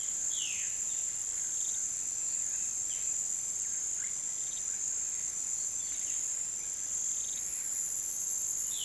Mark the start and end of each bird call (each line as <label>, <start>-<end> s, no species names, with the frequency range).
bird call (0.9-4.5 kHz), 0.08-7.75 s